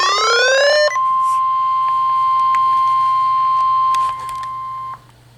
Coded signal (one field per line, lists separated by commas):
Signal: Emergency Alert System (SAME) tones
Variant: 1050 Hz attention tone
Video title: TWISTER OF TERROR...EAS #363-368 (10/25/25)